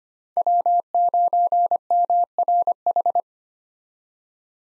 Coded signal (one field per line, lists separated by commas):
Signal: Morse code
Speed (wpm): 25 wpm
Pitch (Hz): 700 Hz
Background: none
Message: W9MRH